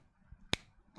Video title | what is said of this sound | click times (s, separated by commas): 🔴 Clarity LIVE from the SHAC Shack - Episode 140 - Let's Go to Town Day 5 | if you wear it click it's closed if you don't hear it click it's not closed | 0.5 s